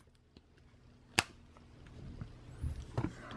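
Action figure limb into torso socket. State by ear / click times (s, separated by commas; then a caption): seated / 1.2 s. The last plastic limb of the 2016 Marvel Legends Giant Man build-a-figure from the Captain America Civil War wave is pushed into its torso socket, giving one loud, sharp snap at 1.2 s. Only faint, quieter handling noises follow, and the piece is seated, completing the figure.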